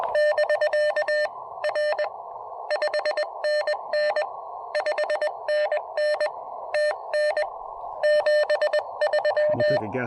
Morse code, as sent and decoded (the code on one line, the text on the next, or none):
-...-.- / .-. / ..... -. -. / ..... -. -. / - -. / --... ...--
<BK> R 5NN 5NN TN 73